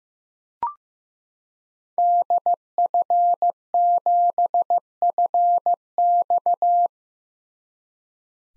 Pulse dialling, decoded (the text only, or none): none